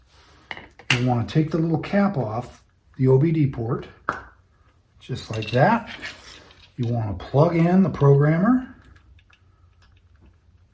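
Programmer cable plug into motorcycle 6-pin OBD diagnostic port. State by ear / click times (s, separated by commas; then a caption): not seated / none. A programmer cable plug is being readied for the 6-pin OBD diagnostic port on a Lifan KPX 250 motorcycle after the port's little cap is taken off, with the ECU out for remapping. Someone talks over a few short handling taps and knocks, including a sharp hit at 4.1 s. Nothing has seated or clicked yet, so the plug has not snapped in.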